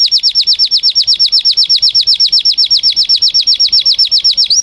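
Canary song: a fast, even trill of high, bright notes, sustained without a break.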